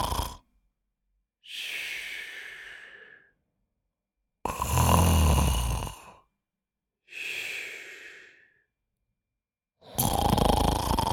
Male Snore.